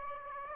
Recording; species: mosquito wingbeat signal from an infrared sensor; Aedes aegypti